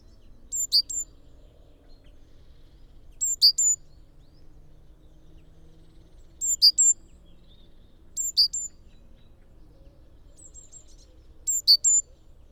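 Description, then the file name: Great tit calls: crisp high notes in short groups of two or three, repeated at irregular intervals, with little else but a faint low hum. "Parus major"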